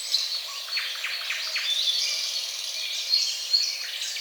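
Bird chorus of busy overlapping chirps and twitters, with a couple of sharper high notes standing out toward the end.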